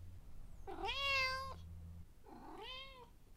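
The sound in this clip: Domestic cat giving two meows, the first louder than the second, with a faint low hum underneath.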